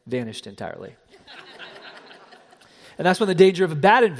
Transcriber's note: laughter!